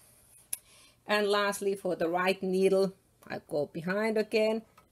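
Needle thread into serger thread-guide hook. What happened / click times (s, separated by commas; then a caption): The thread is being handled and has not yet snapped into the guide / none. The right needle thread on a serger is handled and guided behind the small hook of the thread guide, with a brief sharp tick at about 0.5 s while someone talks over most of the clip. Nothing has snapped into the hook or seated yet.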